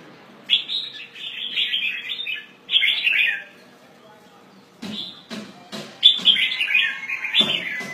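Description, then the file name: Red-whiskered bulbul calling in lively chirping phrases, three bursts of bright, slurred notes, with a few sharp knocks or clicks between the later phrases. "Pycnonotus jocosus"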